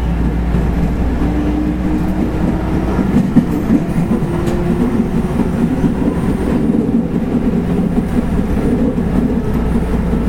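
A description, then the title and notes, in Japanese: A 221 series electric train runs with a steady low rumble and faint humming tones, loudness constant throughout with a few soft knocks. JR西日本の221系電車の走行音です。環状線外回り 大阪から天王寺までです。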